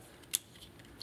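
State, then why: Seated. During robot-to-car transformation of an Omnigonix Spinout plastic transforming figure (Masterpiece Sunstreaker), the chest piece is fitted into the torso and gives a sharp, bright plastic click at 0.4 s as it locks into place. A fainter tick follows around 1.0 s against quiet handling noise, and the chest piece is seated.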